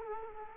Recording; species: mosquito wingbeat signal from an infrared sensor; Culex quinquefasciatus